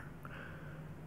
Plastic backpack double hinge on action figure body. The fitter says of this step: and you should hear it click in place at least on the on the second on the you'll hear this little Notch go